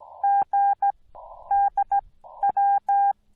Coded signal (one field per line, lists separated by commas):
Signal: Morse code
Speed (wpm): 17 wpm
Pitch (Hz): 810 Hz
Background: none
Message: GD W